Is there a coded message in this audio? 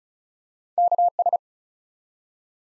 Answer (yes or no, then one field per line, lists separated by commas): yes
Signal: Morse code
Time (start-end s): 0.8-1.4 s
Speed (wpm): 36 wpm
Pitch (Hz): 700 Hz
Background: none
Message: KS